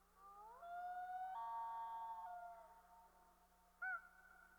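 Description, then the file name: Common loon wail, a rising then level drawn-out cry holding for over a second before falling away, followed by a short upslurred note; faint steady hum underneath. "dan gibsons solitudes common loon"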